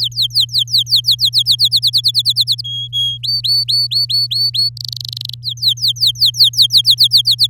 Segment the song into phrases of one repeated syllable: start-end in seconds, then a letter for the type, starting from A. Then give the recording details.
0.00-1.69 A, 1.71-2.61 B, 2.64-3.18 C, 3.23-4.69 D, 4.77-5.34 E, 5.43-7.47 A. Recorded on 8 May 2018 at 05:47. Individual llb16